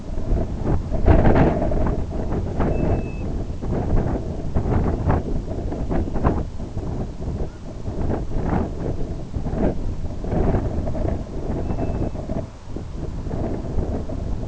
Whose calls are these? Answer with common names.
Grey Plover, Common Raven